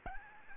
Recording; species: mosquito wingbeat signal from an infrared sensor; Aedes aegypti